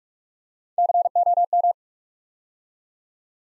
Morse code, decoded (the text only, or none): COM